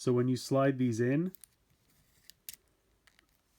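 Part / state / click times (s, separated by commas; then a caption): plastic toy sword into action figure's back sheath / seated / 2.5 s. Someone talks, then a hard plastic toy katana is slid into the sheath on the back of a 90s movie Teenage Mutant Ninja Turtles action figure, giving faint ticks and a sharp plastic click at 2.5 s. The sword seats firmly in the back sheath and won't fall out, though it doesn't quite click into place.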